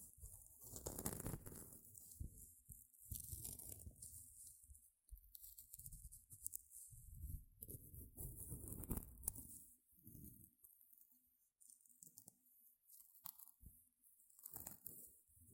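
Gentle scratching comes in soft, uneven bursts with brief pauses, muffled low rustle under a faint steady hiss, busier early and sparser later.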